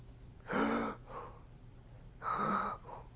The vesicular are going to have a long inspiration, short expiration.